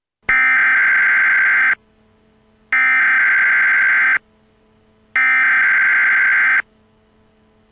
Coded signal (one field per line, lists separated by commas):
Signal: Emergency Alert System (SAME) tones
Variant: header bursts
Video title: Emergency Alert System - Atomic Train